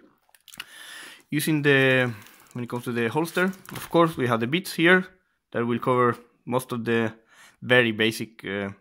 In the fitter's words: All of the outside tools, they also lock into place.